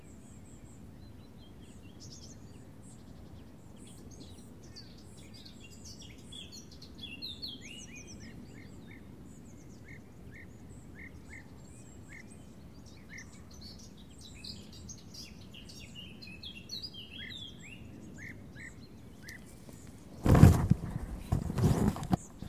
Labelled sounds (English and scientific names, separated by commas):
Spotted Flycatcher (Muscicapa striata) call